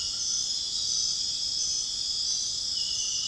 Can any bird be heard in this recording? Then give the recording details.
no. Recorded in dense forest near Puerto Asís, Putumayo, Colombia, on 18 February 2024 at 23:30. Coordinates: 0.502, -76.324. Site G6370